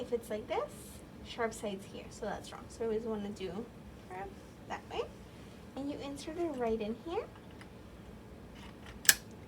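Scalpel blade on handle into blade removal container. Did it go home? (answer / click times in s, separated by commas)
released / 9.1 s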